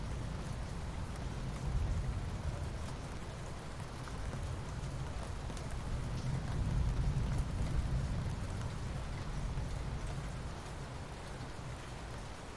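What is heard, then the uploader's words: Steady, dense rain hisses throughout while a deep rolling rumble of thunder swells around two seconds and again between six and nine. Calming Thunder and Rain Sounds.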